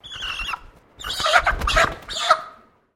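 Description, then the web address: Koeyoshi chicken squawking in panic: a harsh, harmonic squawk, a short pause, then loud wing flapping mixed with further rough squawks. Koeyoshi breed chicken, panicked and flapping its wings. "Sound Effects-Foundation 1 BIRD CHICKEN KOEYOSHI PANICKED WING FLAP"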